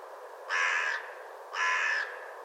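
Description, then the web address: Bird calls, two harsh, hoarse caw-like notes, each about half a second long and a second apart, over a steady low hiss. "cianscape. Deverinetal 2025. Bird Only"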